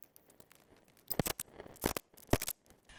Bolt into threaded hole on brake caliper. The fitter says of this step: I think they gave me the wrong size bolts to go in here because that just stripped that out a little bit.